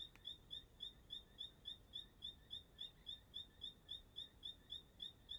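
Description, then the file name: Bird producing a monotonous train of high, short chirps at a brisk even rhythm, cricket-like, against quiet ambient hiss. Singing at dusk in Chapada dos Veadeiros park; song described as sounding like a cricket. "Entardecer no Parque da Chapada dos Veadeiros com passaro cantando como um grilo"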